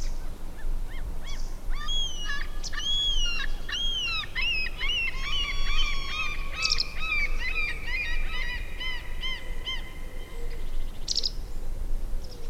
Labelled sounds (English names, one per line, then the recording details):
White Wagtail call
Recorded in the wild
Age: adult
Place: Langasjönas, Blekinge, SE
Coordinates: 56.2286, 14.8522
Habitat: lake
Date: 2006-07-30
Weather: clear, ca. 20°C, almost no wind
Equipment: Marantz PMD 660, Sennheiser ME 66, Windkorb
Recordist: Frommolt, Karl-Heinz